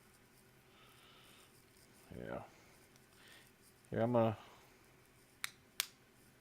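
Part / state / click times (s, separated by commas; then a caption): resin model kit part into its mating socket on the model body / seated / 5.4 s, 5.8 s. A tight-fitting resin part of a Forge World Y'Vahra model is pushed into its mating socket on the model body while someone talks. Two sharp snaps come at 5.4 s and 5.8 s as the tight-squeeze part snaps into place and seats.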